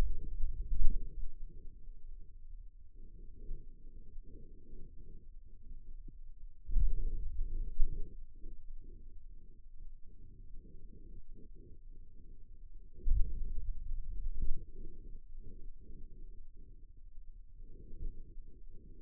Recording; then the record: forearm muscle sounds (acoustic myography)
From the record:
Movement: pen grasping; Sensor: system 2, bracelet of six BSWA MPA416 microphones around the upper forearm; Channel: 4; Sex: male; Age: 22 years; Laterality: right